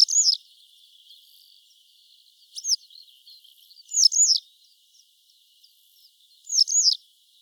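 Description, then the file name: Western yellow wagtail calls, short high notes sliding down, given every two seconds or so, with fainter, softer calls between them. "Motacilla flava"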